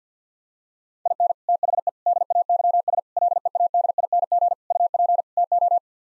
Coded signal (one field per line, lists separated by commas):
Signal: Morse code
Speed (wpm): 50 wpm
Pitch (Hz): 700 Hz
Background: none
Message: IN THE DAYS LEADING UP TO